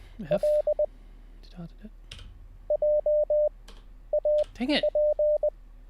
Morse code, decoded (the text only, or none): LJAP